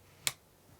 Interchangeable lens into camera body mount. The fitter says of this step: and now it's locked into place see how there's like no movement